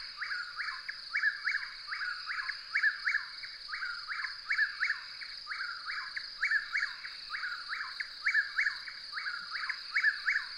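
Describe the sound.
Bird giving a continuous run of short, sharp chirps, each dropping in pitch, repeated steadily in pairs and triplets, with a constant thin high whine behind.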